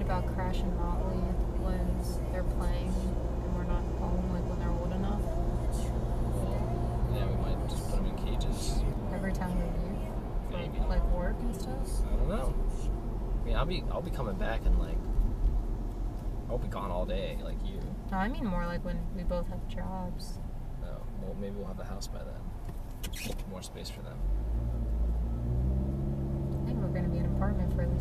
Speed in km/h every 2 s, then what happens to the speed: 55, 60, 63, 64, 56, 47, 40, 32, 27, 18, 10, 10, 19, 29.
0-6 speeds up to 64. 6-20 brakes to 10. 22-28 speeds up to 29.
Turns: none.